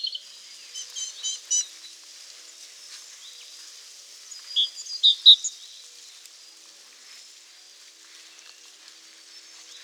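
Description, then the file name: Great tit calls: a cluster of short, high, clipped chirps in the first two seconds, then a louder set of sharp notes around the five-second mark, over faint hiss. "Parus major"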